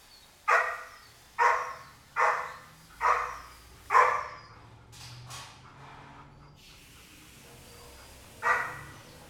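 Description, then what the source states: Dog barking, five sharp barks in quick succession under a second apart, a pause with faint softer sounds, then one more bark, each with a ringing echo. Kennel dog barking, recorded from different perspectives in a roomy, quiet room.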